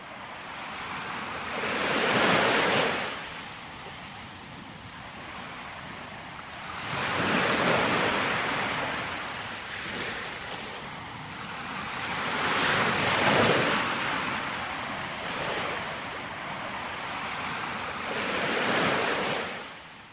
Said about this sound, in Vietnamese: Và như để đáp lại, những con sóng bủa vào tới tấp, xoáy tròn dưới chân vua.